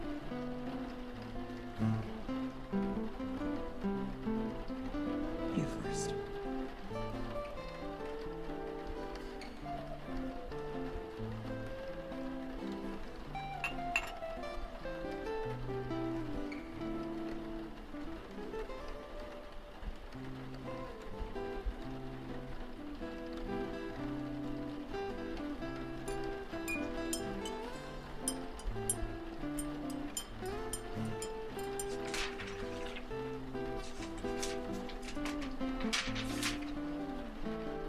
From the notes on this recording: general cafe sounds (cup clinking, pouring, bean scatter, etc) soft rain noises and jazz music